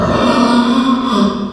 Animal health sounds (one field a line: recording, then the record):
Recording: squeal of a Yucatan mini pig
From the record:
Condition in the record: after surgery on the right vocal fold (resection and tissue-engineered implant)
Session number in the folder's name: 15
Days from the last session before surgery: 175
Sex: female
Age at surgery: 19 weeks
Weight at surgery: 25 kg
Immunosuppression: prednisolone